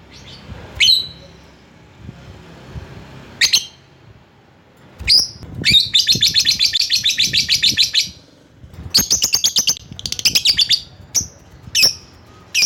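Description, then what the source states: Lovebird calls: scattered single shrill chirps, then rapid chattering trills of high notes in bursts, with pauses between. Lovebird calling a rival.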